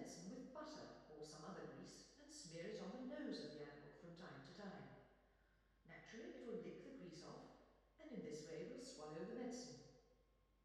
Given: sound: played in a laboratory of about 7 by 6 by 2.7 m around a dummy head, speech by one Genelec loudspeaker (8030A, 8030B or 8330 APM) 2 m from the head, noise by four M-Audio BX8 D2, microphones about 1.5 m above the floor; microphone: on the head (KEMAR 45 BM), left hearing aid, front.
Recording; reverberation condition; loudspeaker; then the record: female speech in English; high; 90 degrees to the right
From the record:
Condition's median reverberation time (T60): about 1300 ms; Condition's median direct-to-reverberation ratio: about -4.0 dB